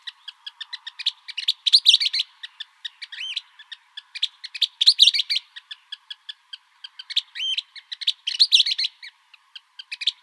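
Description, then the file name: Western kingbird bickering calls: scattered dry kip notes swell into shrill, squeaky twittering flurries at irregular intervals over quiet background hiss. Arizona. "WEKI 3 B deviche"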